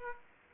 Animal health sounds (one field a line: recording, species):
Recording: mosquito wingbeat signal from an infrared sensor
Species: Aedes aegypti